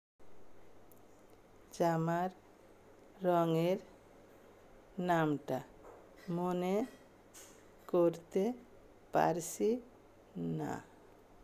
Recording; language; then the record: elicited speech; Bengali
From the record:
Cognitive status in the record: dementia